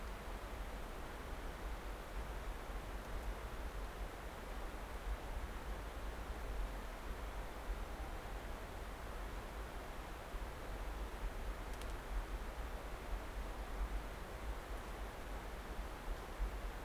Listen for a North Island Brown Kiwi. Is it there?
no